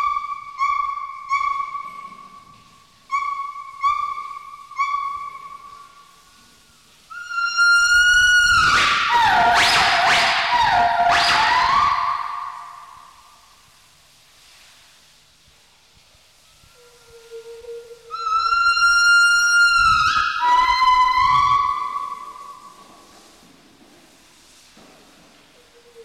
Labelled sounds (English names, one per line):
Northern White-cheeked Gibbon